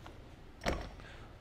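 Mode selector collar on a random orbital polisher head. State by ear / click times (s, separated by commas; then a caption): seated / 0.7 s. The mode-selector collar and backing plate on the head of a UDOS 51E multi-mode random orbital polisher are turned from the P1 12 mm orbit setting to the P2 15 mm orbit setting. A sharp, bright click at 0.7 s rises well above faint handling ticks near 0.1 s and 1.0 s. The click shows the collar has locked into place.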